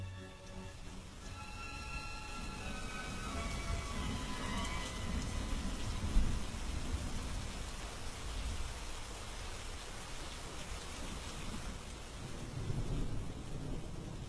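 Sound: heavy rain with thunder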